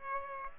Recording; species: mosquito wingbeat signal from an infrared sensor; Aedes aegypti